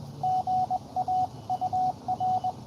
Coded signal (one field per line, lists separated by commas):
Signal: Morse code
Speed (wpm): 21 wpm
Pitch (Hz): 690 Hz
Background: radio noise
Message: GA UR